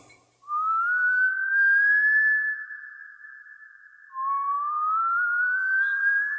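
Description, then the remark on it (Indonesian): Someone whistles at night, two long, pure notes, each sliding slowly upward in pitch and holding steady, with a brief dip between them. The whistling is clear and fairly loud against silence, with no talking. “Tak berapa lama, aku mendengar ada yang bersiul.”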